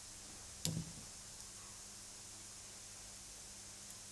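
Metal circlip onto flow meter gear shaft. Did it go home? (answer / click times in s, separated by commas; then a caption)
yes / 0.6 s. A small metal circlip is pressed onto a gear shaft in the gearbox of a Macnaught mechanical flow meter (models 012–100). A single sharp click at 0.6 s rises above a low steady hum, followed by a few softer ticks. The circlip has seated in its groove.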